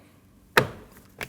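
The back of a plastic front interior door handle bezel on a 2012-2021 Nissan NV2500 is pushed down into the interior door panel after its two front clips are put in first. A loud, sharp snap at 0.6 s shows the bezel clip seating home, followed by a fainter tap at 1.2 s.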